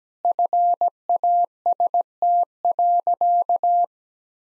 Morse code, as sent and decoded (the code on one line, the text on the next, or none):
..-. .- ... - .-.-.-
FAST.